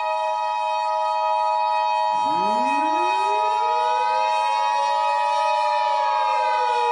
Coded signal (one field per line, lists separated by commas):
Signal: Emergency Alert System (SAME) tones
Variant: 853 and 960 Hz attention tone